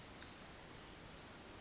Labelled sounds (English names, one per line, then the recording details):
Pacific Wren
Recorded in Sonoma County, California